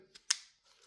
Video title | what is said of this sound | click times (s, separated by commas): Petzl Duo RL Headlamp Is It Worth The Money? | and you'll hear click | 0.3 s